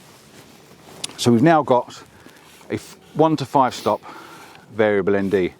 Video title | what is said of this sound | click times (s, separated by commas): Never Seen Freewell K2 VND CPL Filter System... Worlds First | and then you lock it into place | 1.1 s